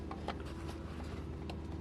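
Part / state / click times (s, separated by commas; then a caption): cartridge oil filter element into plastic filter housing cap / not seated / none. A new paper oil filter element for a 2017 Jeep Cherokee is handled against its plastic filter housing cap, being lined up so the cap's stud goes into the element's hole. Brief handling taps and rustles near 0.1, 0.3, 0.4 and 1.5 seconds sit over a steady low hum. Nothing has seated or clicked into place yet.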